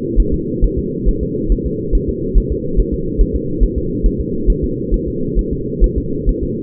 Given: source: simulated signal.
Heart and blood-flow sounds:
fetal heart sounds
0.20 s: S1
0.34 s: S2
0.64 s: S1
0.78 s: S2
1.08 s: S1
1.23 s: S2
1.52 s: S1
1.66 s: S2
1.95 s: S1
2.09 s: S2
2.38 s: S1
2.52 s: S2
2.80 s: S1
2.94 s: S2
3.21 s: S1
3.36 s: S2
3.63 s: S1
3.78 s: S2
4.06 s: S1
4.20 s: S2
4.50 s: S1
4.64 s: S2
4.94 s: S1
5.08 s: S2
5.39 s: S1
5.53 s: S2
5.84 s: S1
5.98 s: S2
6.29 s: S1
6.43 s: S2
From the record:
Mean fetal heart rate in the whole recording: 135 bpm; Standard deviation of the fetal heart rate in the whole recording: 3 bpm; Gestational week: 36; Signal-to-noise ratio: -6.6 dB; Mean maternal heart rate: 72 bpm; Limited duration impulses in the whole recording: present

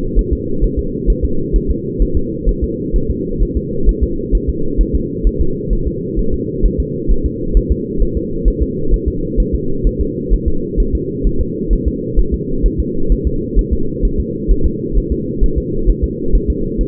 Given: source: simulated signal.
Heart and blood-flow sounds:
fetal heart sounds
0.19 s: S1
0.33 s: S2
0.64 s: S1
0.79 s: S2
1.10 s: S1
1.25 s: S2
1.56 s: S1
1.71 s: S2
2.02 s: S1
2.17 s: S2
2.49 s: S1
2.64 s: S2
2.96 s: S1
3.10 s: S2
3.43 s: S1
3.57 s: S2
3.89 s: S1
4.03 s: S2
4.35 s: S1
4.49 s: S2
4.81 s: S1
4.95 s: S2
5.27 s: S1
5.41 s: S2
5.73 s: S1
5.88 s: S2
6.19 s: S1
6.34 s: S2
6.66 s: S1
6.80 s: S2
7.12 s: S1
7.26 s: S2
7.57 s: S1
7.72 s: S2
8.03 s: S1
8.17 s: S2
8.48 s: S1
8.62 s: S2
8.94 s: S1
9.08 s: S2
9.40 s: S1
9.55 s: S2
9.87 s: S1
10.01 s: S2
10.34 s: S1
10.48 s: S2
10.80 s: S1
10.95 s: S2
11.27 s: S1
11.41 s: S2
11.73 s: S1
11.88 s: S2
12.19 s: S1
12.34 s: S2
12.66 s: S1
12.80 s: S2
13.12 s: S1
13.27 s: S2
13.59 s: S1
13.73 s: S2
14.05 s: S1
14.20 s: S2
14.51 s: S1
14.66 s: S2
14.98 s: S1
15.12 s: S2
15.44 s: S1
15.58 s: S2
15.90 s: S1
16.04 s: S2
16.35 s: S1
16.50 s: S2
16.81 s: S1
From the record:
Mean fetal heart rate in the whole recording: 130 bpm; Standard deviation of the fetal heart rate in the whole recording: 2 bpm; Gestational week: 36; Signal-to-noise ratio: -8.1 dB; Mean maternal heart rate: 72 bpm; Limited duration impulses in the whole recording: absent

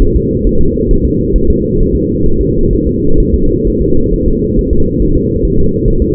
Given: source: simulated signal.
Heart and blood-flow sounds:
fetal heart sounds
0.02 s: S1
0.17 s: S2
0.47 s: S1
0.61 s: S2
0.91 s: S1
1.05 s: S2
1.36 s: S1
1.50 s: S2
1.81 s: S1
1.95 s: S2
2.26 s: S1
2.41 s: S2
2.73 s: S1
2.87 s: S2
3.20 s: S1
3.34 s: S2
3.67 s: S1
3.82 s: S2
4.14 s: S1
4.28 s: S2
4.59 s: S1
4.73 s: S2
5.02 s: S1
5.17 s: S2
5.45 s: S1
5.59 s: S2
5.88 s: S1
6.02 s: S2
From the record:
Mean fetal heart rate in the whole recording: 135 bpm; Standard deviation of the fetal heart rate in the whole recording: 3 bpm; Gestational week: 36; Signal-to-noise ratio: -17.7 dB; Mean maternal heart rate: 72 bpm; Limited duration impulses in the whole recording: present

